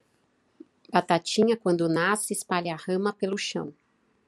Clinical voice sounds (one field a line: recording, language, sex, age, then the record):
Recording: short text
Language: Brazilian Portuguese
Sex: female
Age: 40 to 49 years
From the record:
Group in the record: control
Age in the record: 48 years